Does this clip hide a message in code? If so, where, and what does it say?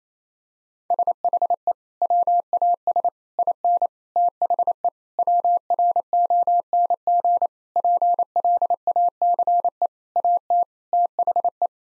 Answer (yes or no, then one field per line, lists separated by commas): yes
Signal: Morse code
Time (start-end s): 0.9-11.7 s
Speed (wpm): 28 wpm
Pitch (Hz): 700 Hz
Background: none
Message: SHE WAS IN THE WRONG PLACE AT THE